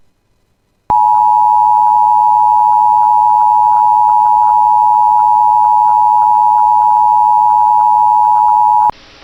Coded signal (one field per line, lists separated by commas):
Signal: Emergency Alert System (SAME) tones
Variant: 853 and 960 Hz attention tone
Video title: [EAS Compilation] 2025 Minnesota Statewide Tornado Drill Emergency Alert System Tests